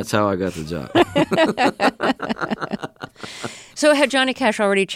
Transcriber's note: laughter